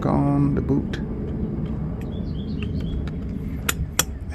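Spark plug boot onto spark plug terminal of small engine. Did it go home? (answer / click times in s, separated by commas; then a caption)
yes / 3.7 s, 4.0 s. After the spark plug on a 2-stroke engine is snugged, the rubber spark plug boot (the wire cap) is pushed back onto the plug terminal while someone talks. Two sharp clicks come at 3.7 s and 4.0 s, and the boot is seated on the plug.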